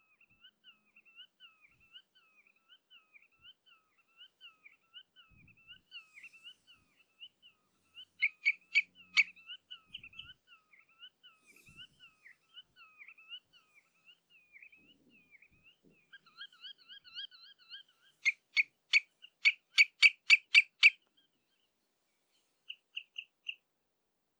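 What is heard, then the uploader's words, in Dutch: Redshanks exchange contact calls: soft repeated piping notes throughout, rising to loud, rapid, bright bursts around 8–10 and 18–21 seconds. Tureluur -Tringa totanus – Redshank. De Wilck, Benthuizen. Contactroepjes tussen tureluurs.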